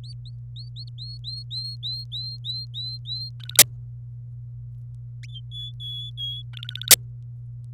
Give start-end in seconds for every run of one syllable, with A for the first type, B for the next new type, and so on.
0.04-0.30 A, 0.56-3.29 A, 3.40-3.59 B, 5.51-6.42 C, 6.53-6.90 B